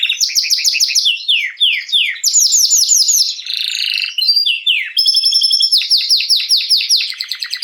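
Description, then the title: Belgian canary song of loud, fast repeated chirping syllables and downward-swept notes, broken by a brief buzzy roll, continuous throughout. Male Belgian canary singing a lot, to warm up a young bird. "Esquente Seu Filhote E Canario Belga Em 30 Minutos Macho Cantando Muito"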